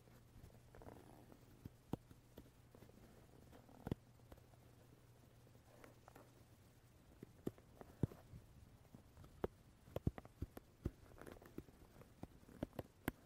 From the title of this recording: wooden brush tapping , touching sound